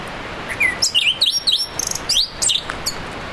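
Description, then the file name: Himalayan forest thrush with a rapid burst of high, squeaky, warbled notes and chirps, jumbled and varied, lasting a few seconds. "thrush-himalayan-forest Zoothera-salimalii"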